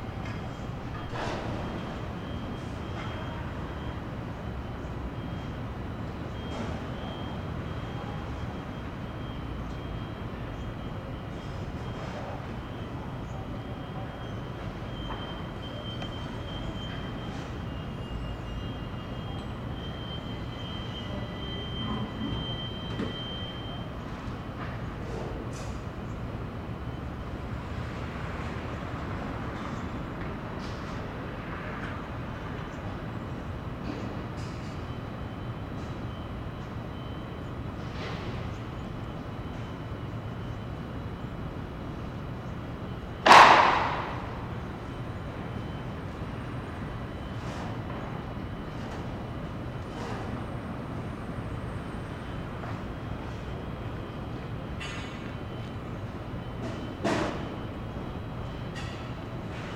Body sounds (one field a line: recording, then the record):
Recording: background sound without coughing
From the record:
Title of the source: 30 MINUTES Construction Site Ambience (CC BY 4.0)